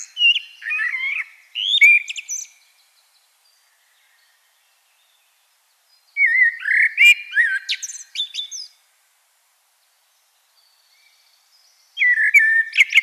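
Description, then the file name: Common blackbird song, three phrases of warbled mellow notes with high twittering, separated by long pauses; the last is cut off. "Turdus merula"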